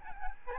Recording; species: mosquito wingbeat signal from an infrared sensor; Aedes albopictus